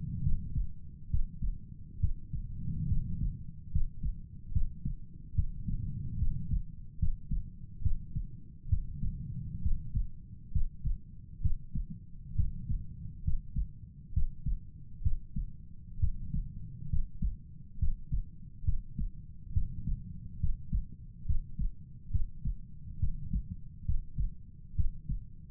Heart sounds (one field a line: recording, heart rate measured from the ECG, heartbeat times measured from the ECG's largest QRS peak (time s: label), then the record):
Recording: heart sounds by stethoscope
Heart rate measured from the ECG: 68 bpm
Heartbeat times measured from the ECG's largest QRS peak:
0.23 s: heartbeat
1.10 s: heartbeat
2.00 s: heartbeat
2.88 s: heartbeat
3.71 s: heartbeat
4.52 s: heartbeat
5.35 s: heartbeat
6.18 s: heartbeat
6.99 s: heartbeat
7.82 s: heartbeat
8.69 s: heartbeat
9.62 s: heartbeat
10.52 s: heartbeat
11.41 s: heartbeat
12.35 s: heartbeat
13.24 s: heartbeat
14.13 s: heartbeat
15.02 s: heartbeat
15.99 s: heartbeat
16.89 s: heartbeat
17.78 s: heartbeat
18.64 s: heartbeat
19.53 s: heartbeat
20.40 s: heartbeat
21.26 s: heartbeat
22.11 s: heartbeat
22.99 s: heartbeat
23.85 s: heartbeat
24.75 s: heartbeat
From the record:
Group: healthy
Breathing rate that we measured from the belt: 18 breaths a minute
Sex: male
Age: 35 years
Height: 178 cm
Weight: 64 kg